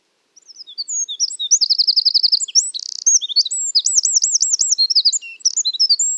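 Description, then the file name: Eurasian wren with a long, vigorous song of piercing chirps, a fast trill, a brief buzz and repeated looping notes, followed by more scattered high twitters. "Troglodytes troglodytes"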